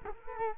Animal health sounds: mosquito wingbeat signal from an infrared sensor; Culex quinquefasciatus

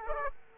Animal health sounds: mosquito wingbeat signal from an infrared sensor; Aedes aegypti

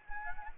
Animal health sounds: mosquito wingbeat signal from an infrared sensor; Anopheles arabiensis

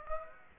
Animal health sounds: mosquito wingbeat signal from an infrared sensor; Aedes aegypti

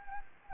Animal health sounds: mosquito wingbeat signal from an infrared sensor; Anopheles gambiae

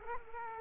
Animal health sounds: mosquito wingbeat signal from an infrared sensor; Culex quinquefasciatus

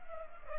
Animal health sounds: mosquito wingbeat signal from an infrared sensor; Culex pipiens

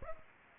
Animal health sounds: mosquito wingbeat signal from an infrared sensor; Aedes aegypti

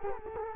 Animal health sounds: mosquito wingbeat signal from an infrared sensor; Culex quinquefasciatus

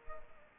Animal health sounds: mosquito wingbeat signal from an infrared sensor; Culex pipiens

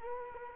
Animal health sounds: mosquito wingbeat signal from an infrared sensor; Culex quinquefasciatus

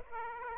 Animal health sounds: mosquito wingbeat signal from an infrared sensor; Aedes aegypti

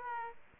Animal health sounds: mosquito wingbeat signal from an infrared sensor; Aedes aegypti

